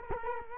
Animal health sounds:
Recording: mosquito wingbeat signal from an infrared sensor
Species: Culex quinquefasciatus

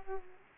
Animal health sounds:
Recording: mosquito wingbeat signal from an infrared sensor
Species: Culex quinquefasciatus

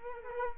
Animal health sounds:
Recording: mosquito wingbeat signal from an infrared sensor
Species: Culex quinquefasciatus

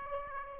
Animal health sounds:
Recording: mosquito wingbeat signal from an infrared sensor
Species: Aedes aegypti

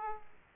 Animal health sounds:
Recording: mosquito wingbeat signal from an infrared sensor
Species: Aedes aegypti

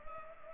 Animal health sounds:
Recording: mosquito wingbeat signal from an infrared sensor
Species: Culex pipiens

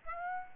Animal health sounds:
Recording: mosquito wingbeat signal from an infrared sensor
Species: Aedes aegypti

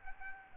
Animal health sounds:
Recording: mosquito wingbeat signal from an infrared sensor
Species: Aedes albopictus

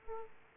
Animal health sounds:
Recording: mosquito wingbeat signal from an infrared sensor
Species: Aedes aegypti

